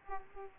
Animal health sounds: mosquito wingbeat signal from an infrared sensor; Aedes aegypti

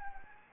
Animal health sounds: mosquito wingbeat signal from an infrared sensor; Anopheles gambiae

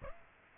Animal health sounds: mosquito wingbeat signal from an infrared sensor; Aedes aegypti

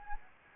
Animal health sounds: mosquito wingbeat signal from an infrared sensor; Anopheles gambiae

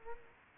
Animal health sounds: mosquito wingbeat signal from an infrared sensor; Culex quinquefasciatus

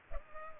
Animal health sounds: mosquito wingbeat signal from an infrared sensor; Culex pipiens

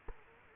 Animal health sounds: mosquito wingbeat signal from an infrared sensor; Culex quinquefasciatus

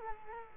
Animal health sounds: mosquito wingbeat signal from an infrared sensor; Culex quinquefasciatus

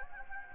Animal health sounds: mosquito wingbeat signal from an infrared sensor; Anopheles gambiae

